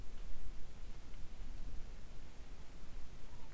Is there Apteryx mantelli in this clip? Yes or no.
no